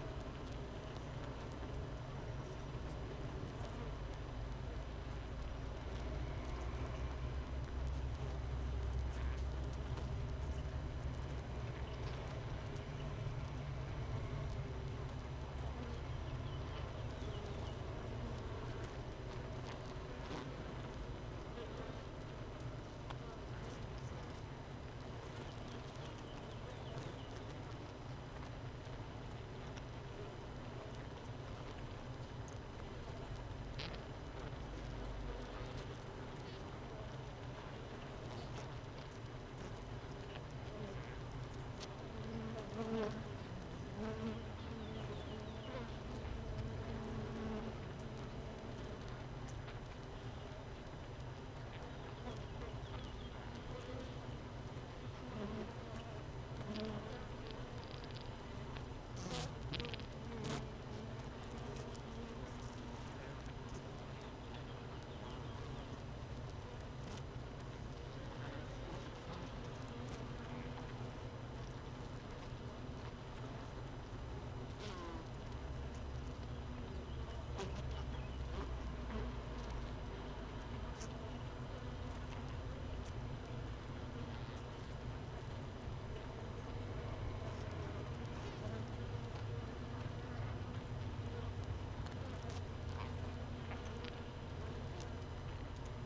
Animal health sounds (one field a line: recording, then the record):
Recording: honeybee colony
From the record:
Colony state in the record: missing queen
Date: 31 May 2018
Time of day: 15:51